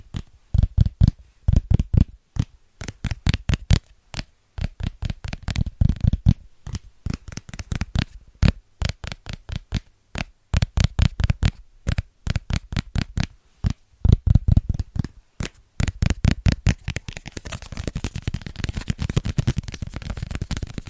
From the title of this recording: Fast & Rhythmic Tapping with Christmas Presents